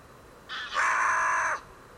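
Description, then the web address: Bird call: a hoarse note that starts with a brief softer lead-in, then swells into a harsh, drawn-out rasp of nearly a second. "cianscape. Deverinetal. Bird Only"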